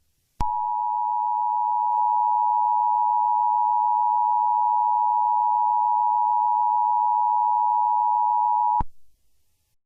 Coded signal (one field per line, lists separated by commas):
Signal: Emergency Alert System (SAME) tones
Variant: 853 and 960 Hz attention tone